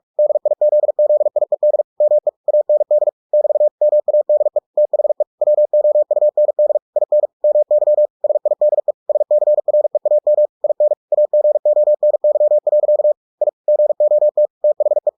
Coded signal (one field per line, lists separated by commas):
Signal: Morse code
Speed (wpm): 46 wpm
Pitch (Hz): 600 Hz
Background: none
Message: DIZZIED ME AND <BT> MADE THE WOUND IN MY SIDE SCREAM IN AGONY. I GOT THE